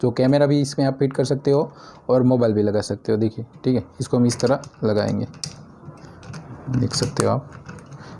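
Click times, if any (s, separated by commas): none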